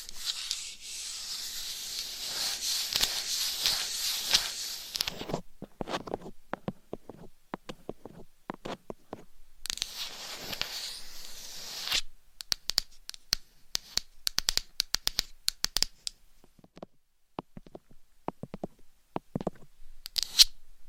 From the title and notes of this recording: ASMR Binaural Mic Scratching , Massage & Tapping Hypnotic Asmr No Talking.